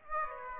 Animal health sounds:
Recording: mosquito wingbeat signal from an infrared sensor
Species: Aedes aegypti

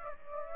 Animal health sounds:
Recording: mosquito wingbeat signal from an infrared sensor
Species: Aedes aegypti

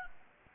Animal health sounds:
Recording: mosquito wingbeat signal from an infrared sensor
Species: Anopheles gambiae

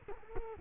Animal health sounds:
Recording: mosquito wingbeat signal from an infrared sensor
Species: Culex quinquefasciatus

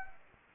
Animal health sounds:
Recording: mosquito wingbeat signal from an infrared sensor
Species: Anopheles arabiensis

